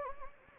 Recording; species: mosquito wingbeat signal from an infrared sensor; Anopheles gambiae